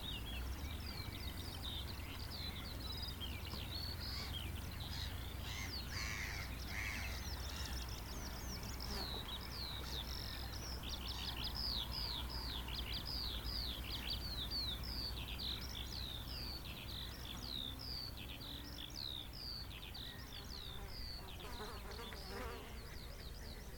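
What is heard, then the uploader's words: Birds chirp in rapid, dense chatter throughout, with bright repeated calls weaving over each other and crow-like caws in the mix. A low steady rumble sits underneath the whole time, heavier in the first eight seconds, with occasional softer murmurs in between. I made the recordings on a walk from home on Udimore Road to the Rye Harbour Nature Reserve a few days ago. Recordings made around Rye. Mostly just the wildlife.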